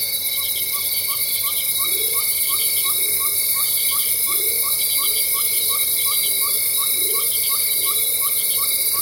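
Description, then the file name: Insect chorus with a steady high-pitched drone, a short chirp repeated rapidly throughout, and recurring soft low rising calls. Loud insects in tropical rainforest ambience, Venezuela. "felix blume nature tropical rainforest ambience venezuela loud insects"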